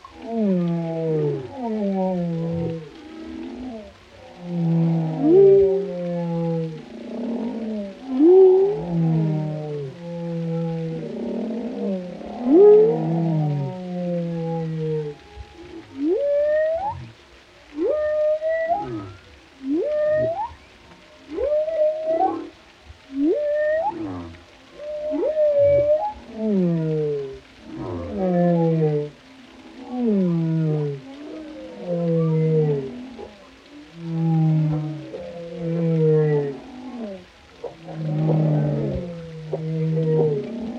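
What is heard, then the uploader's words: Whales call in repeating low moans and rising whoops, pulsing about once a second, with brief upward swoops in the middle section. Different whale species as they contribute their unique sounds to the vast oceanic symphony.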